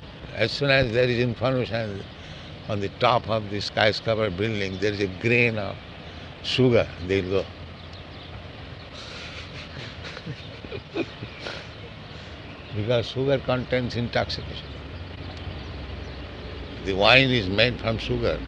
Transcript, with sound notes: As soon as there is information, "On the top of the skyscraper building there is a grain of sugar," they will go. [laughing] Because sugar contains intoxication. The wine is made from sugar,